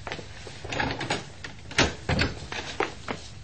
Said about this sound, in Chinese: 啊，又系吓，等我开门先。